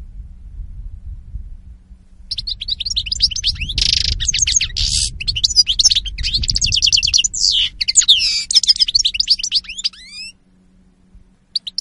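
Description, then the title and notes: European goldfinch in a long twittering song with liquid chirps, trills and buzzy notes for about eight seconds, then near silence and a final short chirp. Spanish goldfinch lure call (reclamo). "JUNIO 2014. Reclamo jilguero espaÑol. Entrevistas de La Mañana del mes de junio de 2014"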